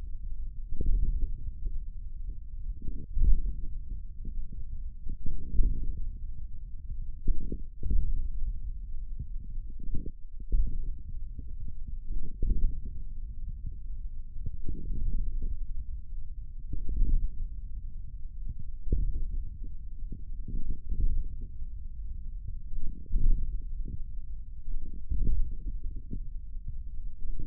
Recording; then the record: forearm muscle sounds (acoustic myography)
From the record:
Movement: hand opening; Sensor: system 1, eight BSWA MPA416 microphones around the upper forearm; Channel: 5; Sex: male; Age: 41 years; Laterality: right